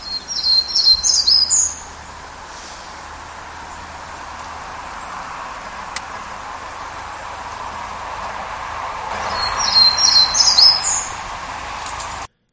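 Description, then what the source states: Townsend's warbler song, a short buzzy high-pitched run of rapid notes, given twice about nine seconds apart. Recorded by the host at Totem Park in Sitka; fairly typical of the song heard locally; the song differs across parts of the range.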